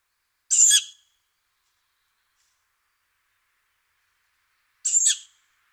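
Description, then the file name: Tawny owl making rasping, hissed calls; a pair of brief noisy bursts separated by nearly four seconds of quiet. "hulotte"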